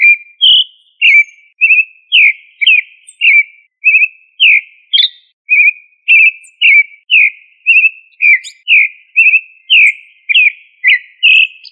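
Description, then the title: Thrush song of brisk whistled notes, roughly two each second, mixing flat, falling and upslurred notes in an even rhythm. "Familia Turdidae - Sabia"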